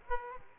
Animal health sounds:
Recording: mosquito wingbeat signal from an infrared sensor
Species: Aedes aegypti

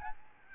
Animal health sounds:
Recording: mosquito wingbeat signal from an infrared sensor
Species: Aedes albopictus

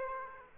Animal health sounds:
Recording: mosquito wingbeat signal from an infrared sensor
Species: Aedes aegypti

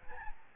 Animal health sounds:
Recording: mosquito wingbeat signal from an infrared sensor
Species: Aedes albopictus

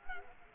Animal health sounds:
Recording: mosquito wingbeat signal from an infrared sensor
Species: Culex quinquefasciatus

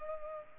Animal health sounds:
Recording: mosquito wingbeat signal from an infrared sensor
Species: Culex pipiens

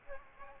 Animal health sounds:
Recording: mosquito wingbeat signal from an infrared sensor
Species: Aedes aegypti

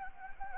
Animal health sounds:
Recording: mosquito wingbeat signal from an infrared sensor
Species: Anopheles gambiae

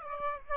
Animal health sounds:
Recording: mosquito wingbeat signal from an infrared sensor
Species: Aedes aegypti

